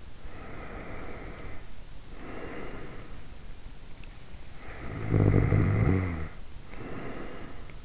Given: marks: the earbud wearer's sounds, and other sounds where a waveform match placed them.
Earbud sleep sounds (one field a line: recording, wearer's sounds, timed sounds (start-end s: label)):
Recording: sounds in sleep by an in-ear microphone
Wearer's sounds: snoring breath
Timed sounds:
0.02-3.45 s: snoring breath
4.53-7.84 s: snoring breath